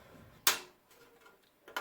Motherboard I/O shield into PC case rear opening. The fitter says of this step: is basically I'm gonna go over everything that I basically do to get system ready you can hear it popping into place there and